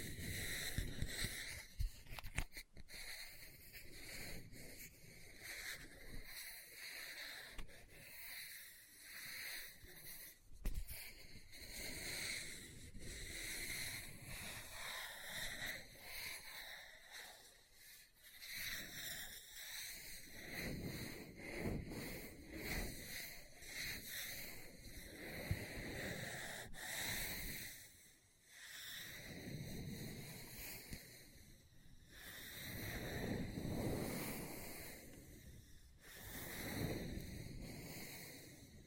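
Tapping, scratching and page turning on a book run continuously, with quick irregular taps and brushing, rustling strokes. Sharp clicks stand out near 3, 11 and 27 seconds, and the texture swells and thins in waves, quieter around 18 and 27 seconds.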